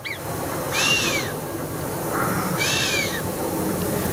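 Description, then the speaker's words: Chamois whistling snort: two breathy blasts about two seconds apart, each with a high whistle that rises then falls, over a soft hiss. Mountains; a whistling snort blown through the nose, likened to a trumpet or kazoo. "C'est le chamois qui souffle comme ça en sifflant."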